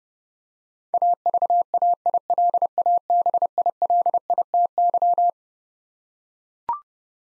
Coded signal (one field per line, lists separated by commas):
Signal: Morse code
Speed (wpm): 32 wpm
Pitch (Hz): 700 Hz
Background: none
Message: AVAILABILITY